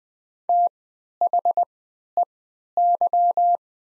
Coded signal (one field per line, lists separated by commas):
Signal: Morse code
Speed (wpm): 20 wpm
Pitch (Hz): 700 Hz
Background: none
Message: THEY